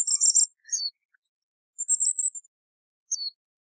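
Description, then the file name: Philippine hanging parrot calls: short bursts of piercing, very high chattering notes separated by brief pauses, with a couple of lower chirps. "colasisi"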